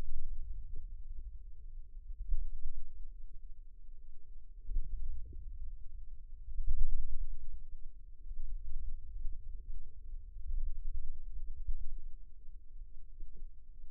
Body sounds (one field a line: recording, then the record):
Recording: forearm muscle sounds (acoustic myography)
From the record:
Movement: wrist extension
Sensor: system 2, bracelet of six BSWA MPA416 microphones around the upper forearm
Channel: 6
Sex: female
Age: 22 years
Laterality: right